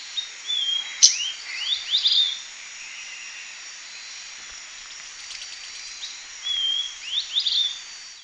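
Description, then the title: Long-tailed tyrant calls: short high rising whistled notes and brief sweeping chips, in clusters near the start and end, over a steady high insect hum. "LuckyPassaro Completos2Sama. Long-tailed Tyrant (Colonia colonus)"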